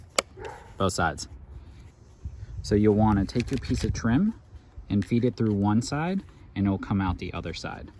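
The plastic cover of an EGO 56-volt string trimmer head is lined up with the clips and pressed back onto the head housing after the trim line is cleared out. It snaps into place with a sharp click at 0.2 s, and someone talks for the rest of the clip.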